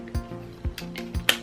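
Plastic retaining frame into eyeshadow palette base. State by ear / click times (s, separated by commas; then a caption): seated / 1.3 s. A plastic retaining frame is pressed down over the eyeshadow pans in an Urban Decay Stackable Pro Artistry makeup palette, with a steady tonal background throughout. Soft low thumps around 0.2, 0.7 and 1.2 seconds lead to a sharp, bright snap at 1.3 seconds. The frame snaps into place and locks the pans in.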